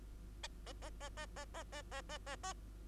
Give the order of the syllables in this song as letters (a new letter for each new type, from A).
A A A A A A A A A A A A